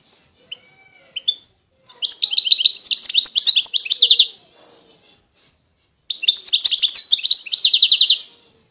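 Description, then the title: European goldfinch song, two bright bursts of rapid twittering, tinkling notes lasting about two seconds each, separated by a short quiet pause with a few faint chips. Wild bird. "اجمل غناءالحسون الخلويchant chardonneret sauvage collection"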